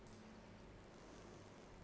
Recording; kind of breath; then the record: one breath in and out by a microphone near the nose and mouth; normal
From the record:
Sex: female